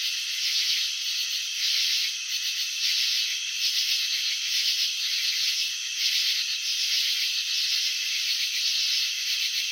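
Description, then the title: Cricket chirping, slowed right down into a rasping, rattling drone with faint, irregular surges. Chirping slowed down (slow motion). "Crickets in Slow Motion 📷. Capturing the Elegance of Chirping"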